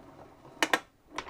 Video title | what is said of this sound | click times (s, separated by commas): VEVOR Retractable Extension Cord Reel, 45 FT, Heavy Duty 12AWG/3C SJTOW Extension Power Cord | right there whenever you hear that you can stop and it will stay in place | 0.6 s, 0.7 s, 1.2 s